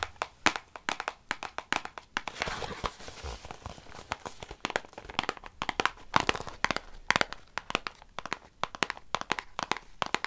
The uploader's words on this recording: ASMR Tapping for Tingles & Relaxation ~ (No Talking).